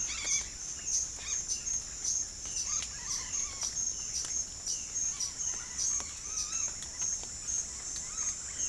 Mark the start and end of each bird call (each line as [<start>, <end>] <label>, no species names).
[1.09, 1.46] bird call
[2.45, 3.65] bird call
[5.04, 6.70] bird call
[8.02, 8.68] bird call